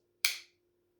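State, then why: Seated. A folding knife is opened by hand, and its blade locks into the open position in the handle with a single sharp click at 0.25 s. The click rings briefly before fading out over about a third of a second, with a faint steady hum underneath. The blade is seated and locked open.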